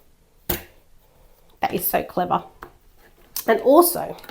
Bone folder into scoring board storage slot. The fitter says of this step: and it clicks back in so you'll never lose your bone folder